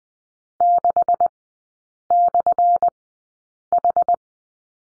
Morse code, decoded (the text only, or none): 6/H